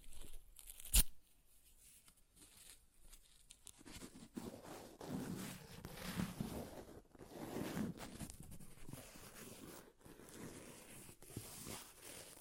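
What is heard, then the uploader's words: Paper is ripped and torn in a rough, crackling stretch after a sharp snap near one second, with brief pauses between tearing strokes. ASMR Paper Ripping Tearing Sounds (No Talking).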